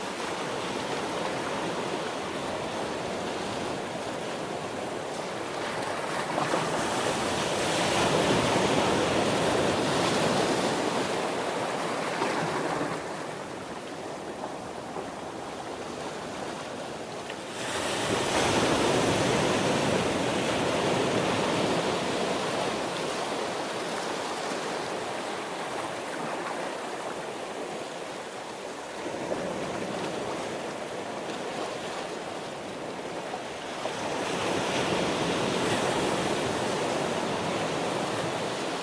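Ocean waves wash in a constant, dense roar of hiss and rumble that never drops to silence. The surf swells louder in slow surges, around ten seconds, again near twenty, and toward the end, then eases back between them.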